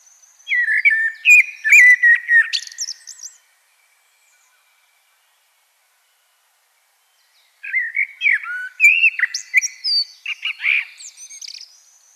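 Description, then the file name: Common blackbird song: two rich, fluted warbling phrases with thin, squeaky high twitters, separated by a pause of several seconds. "Turdus merula"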